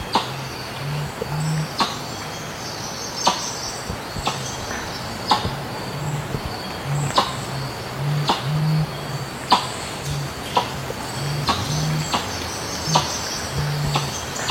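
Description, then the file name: Helmeted curassow song of very low humming booms in irregular series, over steady high insect tones and scattered sharp clicks. "Canto do mutum de elmo"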